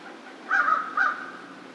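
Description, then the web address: American crow giving two rough caws in quick succession. Recorded 2 March 2010. "Crow 2010 03 02 American Crow"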